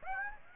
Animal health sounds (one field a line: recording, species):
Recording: mosquito wingbeat signal from an infrared sensor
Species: Aedes aegypti